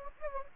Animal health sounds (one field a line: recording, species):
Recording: mosquito wingbeat signal from an infrared sensor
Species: Anopheles gambiae